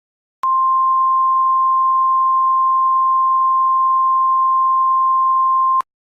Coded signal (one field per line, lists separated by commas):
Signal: Emergency Alert System (SAME) tones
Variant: 1050 Hz attention tone